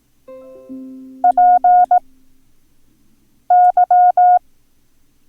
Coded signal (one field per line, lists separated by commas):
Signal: Morse code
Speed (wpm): 18 wpm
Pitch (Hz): 720 Hz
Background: music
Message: PY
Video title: Learn Morse Code - Lesson 7